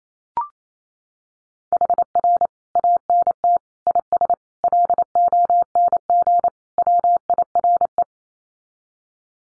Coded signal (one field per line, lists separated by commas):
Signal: Morse code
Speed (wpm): 28 wpm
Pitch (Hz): 700 Hz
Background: none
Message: HR ANT IS LONG WIRE